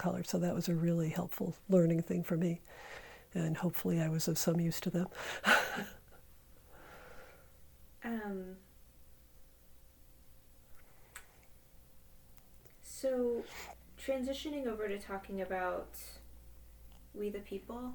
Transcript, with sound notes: So that was a really helpful learning thing for me. And hopefully I was of some use to them. [laughter]
So, transitioning over to talking about We The People.